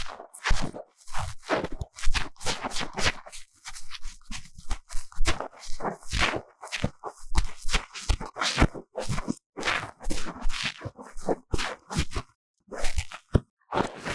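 Deep ear cleaning with a run of scratchy, crackling scrapes and rubs, each stroke lasting under a second. The strokes come quickly and irregularly, rising and falling in loudness, separated by short silences, with a slightly longer pause around the twelve-second mark.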